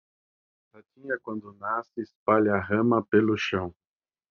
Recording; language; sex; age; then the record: short text; Brazilian Portuguese; male; 50 to 59 years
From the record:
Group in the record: control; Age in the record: 59 years